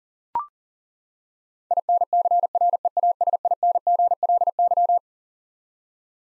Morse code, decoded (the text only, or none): INCREASINGLY